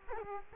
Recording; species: mosquito wingbeat signal from an infrared sensor; Culex quinquefasciatus